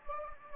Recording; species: mosquito wingbeat signal from an infrared sensor; Anopheles gambiae